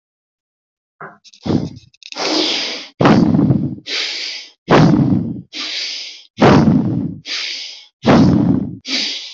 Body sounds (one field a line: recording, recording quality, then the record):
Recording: deep breathing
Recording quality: excellent, no background noise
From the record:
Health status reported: healthy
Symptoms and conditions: none ticked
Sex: male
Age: 44 years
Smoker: not ticked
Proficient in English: yes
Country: India